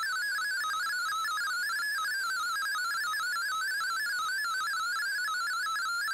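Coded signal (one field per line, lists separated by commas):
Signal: multi-tone FSK (Olivia or MFSK type)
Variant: MFSK32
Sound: rapid warbling single tone hopping quickly between many close pitches, continuous melody-like burble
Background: radio static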